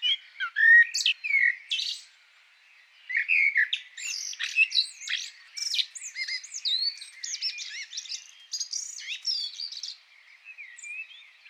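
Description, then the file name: Common blackbird singing: loud mellow whistled phrases, then rapid scratchy high twittering notes, a quieter pause near two seconds, and steady varied warbling after. "Turdus merula"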